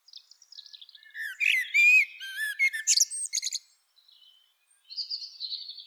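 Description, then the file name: Common blackbird song of rich whistled notes and squeaky high flourishes, then a quieter thin warble. "Turdus merula"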